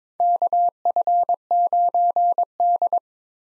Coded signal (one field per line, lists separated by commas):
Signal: Morse code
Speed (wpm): 22 wpm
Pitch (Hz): 700 Hz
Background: none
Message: KF9D